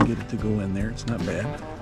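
A small lock component is being handled at its snap retainer while an RV entry door lock is installed, and someone talks over music with a plucked, guitar-like tone. The part has not seated or clicked yet.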